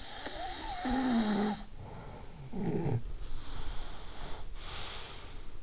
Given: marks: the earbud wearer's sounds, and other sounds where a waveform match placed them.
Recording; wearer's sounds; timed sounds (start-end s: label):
sounds in sleep by an in-ear microphone; snoring breath, breath
0.00-3.31 s: snoring breath
3.50-5.57 s: breath